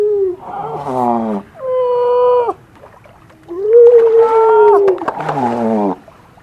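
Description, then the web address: Grey seal moaning calls: a short wail, a flat harmonic note, then a long rising and falling howl ending in a wavering cry. "gray seal"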